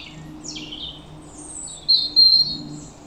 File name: Rouge gorge